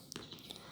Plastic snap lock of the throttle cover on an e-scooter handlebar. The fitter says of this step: இந்த மாதிரி இந்த கேப்பில் விட்டு நெம்புனீங்கன்னா அந்த லாக் ஓப்பன் ஆகிடும்.